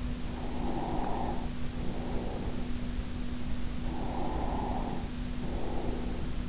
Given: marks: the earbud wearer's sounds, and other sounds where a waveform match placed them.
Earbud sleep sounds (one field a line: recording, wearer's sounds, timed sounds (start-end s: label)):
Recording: sounds in sleep by an in-ear microphone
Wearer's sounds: breath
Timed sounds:
0.38-2.99 s: breath
3.82-6.49 s: breath